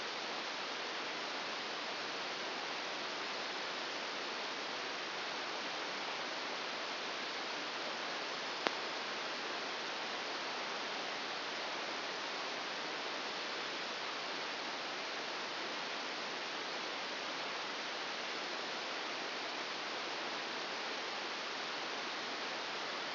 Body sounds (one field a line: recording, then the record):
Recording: brain microelectrode recording played as sound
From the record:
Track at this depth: inside the subthalamic nucleus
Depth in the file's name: 4.208 mm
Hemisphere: right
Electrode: 2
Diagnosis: Parkinson's disease